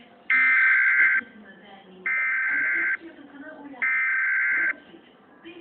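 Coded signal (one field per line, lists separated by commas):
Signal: Emergency Alert System (SAME) tones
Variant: header bursts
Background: speech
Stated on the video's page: EAS-style alarm from the game Melon Playground.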